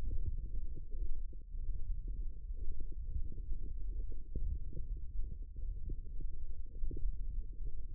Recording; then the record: forearm muscle sounds (acoustic myography)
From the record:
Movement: wrist extension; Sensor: system 1, eight BSWA MPA416 microphones around the upper forearm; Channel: 6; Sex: female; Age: 21 years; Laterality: right